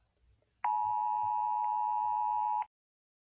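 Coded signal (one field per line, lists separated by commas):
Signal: Emergency Alert System (SAME) tones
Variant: 853 and 960 Hz attention tone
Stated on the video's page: Simulated EAS scenario alert tones, not a real broadcast.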